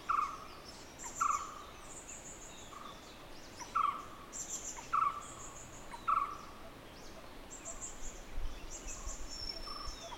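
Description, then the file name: Barbet giving repeated mid-pitched notes at uneven intervals, with high chirps from other birds behind. "Barbets Grey Wag"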